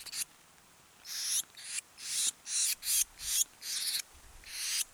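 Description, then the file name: Eurasian blue tit giving loud, hissing churr bursts in quick succession, with a quiet gap near the start. "Cyanistes caeruleus"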